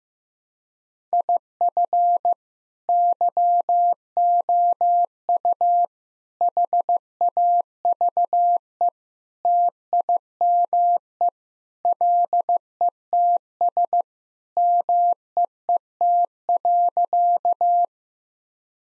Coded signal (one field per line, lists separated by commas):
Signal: Morse code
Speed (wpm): 15 wpm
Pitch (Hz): 700 Hz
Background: none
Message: IF YOU HAVE TIME LETS MEET.